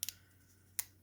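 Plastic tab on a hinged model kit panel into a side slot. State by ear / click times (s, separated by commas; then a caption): seated / 0.0 s, 0.8 s. A small plastic tab on a hinged panel of a scale-model spaceship kit is pressed into a slot in the side of the neighbouring piece to hold it shut. Sharp, bright clicks sound at 0.0 s and again at 0.8 s over a faint low hum. The tab is seated and holds the panel closed.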